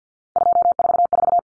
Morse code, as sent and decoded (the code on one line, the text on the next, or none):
..--- ....- ....-
244